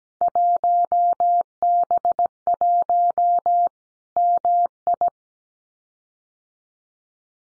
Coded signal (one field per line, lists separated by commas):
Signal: Morse code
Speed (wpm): 17 wpm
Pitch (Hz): 700 Hz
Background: none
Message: 1B1 MI